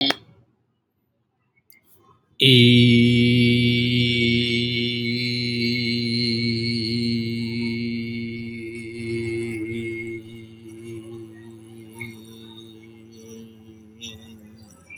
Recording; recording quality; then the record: sustained vowel as in beet; excellent, no background noise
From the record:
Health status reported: healthy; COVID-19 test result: not tested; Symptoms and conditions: hypertension, diabetes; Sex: male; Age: 63 years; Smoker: not ticked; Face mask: not worn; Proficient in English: yes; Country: India